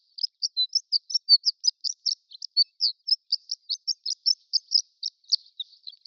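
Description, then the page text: Horned lark giving a rapid, steady stream of high, thin tinkling notes, clean with no other sounds. Prairie subspecies; extended twittering. "Prairie Horned Lark Extended Twittering. Quick Sounds library"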